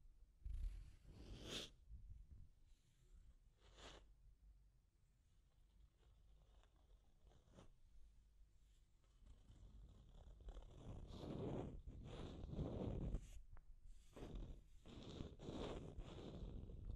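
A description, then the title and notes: Deep scratching comes in rough bursts, sparse early on at about 1.5, 4 and 7.5 seconds, then denser and louder, repeating from 11 seconds. Deep Scratching. (No Talking).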